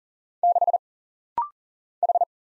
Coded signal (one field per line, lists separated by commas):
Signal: Morse code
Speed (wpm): 40 wpm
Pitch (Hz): 700 Hz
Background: none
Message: 6 H